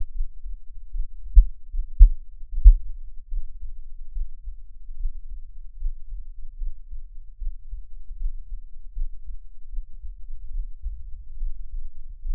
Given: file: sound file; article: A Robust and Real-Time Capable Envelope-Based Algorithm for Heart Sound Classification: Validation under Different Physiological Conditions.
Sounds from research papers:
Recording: heart sounds by electronic stethoscope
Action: rest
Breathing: normal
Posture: lying on back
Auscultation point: Erb’s point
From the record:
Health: healthy, no known heart disease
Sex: male

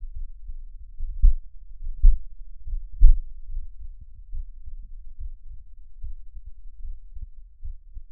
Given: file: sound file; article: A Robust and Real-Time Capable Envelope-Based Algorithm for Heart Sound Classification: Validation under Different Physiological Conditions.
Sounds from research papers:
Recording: heart sounds by electronic stethoscope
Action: rest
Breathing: normal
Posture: sitting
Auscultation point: Erb’s point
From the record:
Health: healthy, no known heart disease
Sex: male

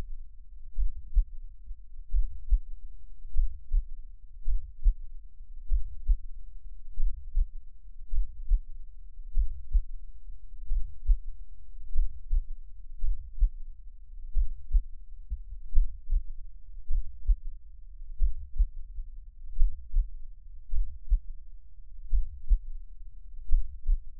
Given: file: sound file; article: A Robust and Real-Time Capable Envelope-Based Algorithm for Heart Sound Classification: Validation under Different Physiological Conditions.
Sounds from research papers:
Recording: heart sounds by electronic stethoscope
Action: rest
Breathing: normal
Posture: lying on right side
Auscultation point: Erb’s point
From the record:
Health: healthy, no known heart disease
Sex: male

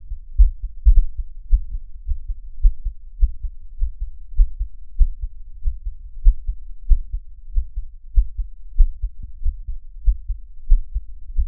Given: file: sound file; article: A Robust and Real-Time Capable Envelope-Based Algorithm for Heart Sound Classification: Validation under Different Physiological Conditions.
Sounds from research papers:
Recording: heart sounds by electronic stethoscope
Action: after 5 min of sport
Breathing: deep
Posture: sitting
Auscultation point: Erb’s point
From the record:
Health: healthy, no known heart disease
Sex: male

